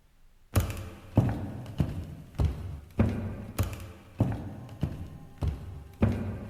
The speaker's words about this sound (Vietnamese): bỗng nhiên có tiếng bước chân từ căn phòng ngủ cuối cùng vọng tới.